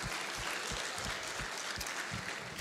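A church audience at an online 19:30 service of the Catedral Metodista claps for Jesus steadily in a dense, sustained wash of applause, with rhythmic low thumps running through the noisy spread of hand claps for a few seconds.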